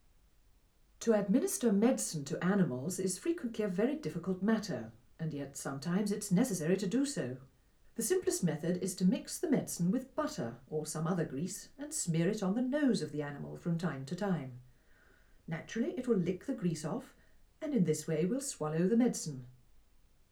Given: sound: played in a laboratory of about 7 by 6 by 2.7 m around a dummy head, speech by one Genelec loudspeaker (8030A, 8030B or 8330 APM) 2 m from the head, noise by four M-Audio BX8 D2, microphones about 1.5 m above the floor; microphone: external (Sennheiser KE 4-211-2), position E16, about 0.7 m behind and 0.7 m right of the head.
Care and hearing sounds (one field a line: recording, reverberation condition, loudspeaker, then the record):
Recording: female speech in English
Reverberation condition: low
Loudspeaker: 150 degrees to the left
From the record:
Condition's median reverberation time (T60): about 310 ms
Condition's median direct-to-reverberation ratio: about 3.5 dB